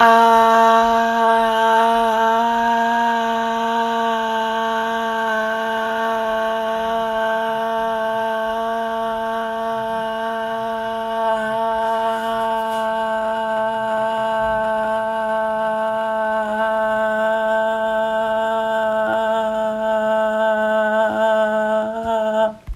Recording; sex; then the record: sustained vowel /a/; female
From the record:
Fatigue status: no fatigue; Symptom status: asymptomatic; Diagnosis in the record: COVID-19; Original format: m4a